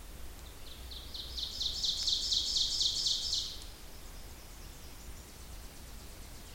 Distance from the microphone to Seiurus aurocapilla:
about 45 m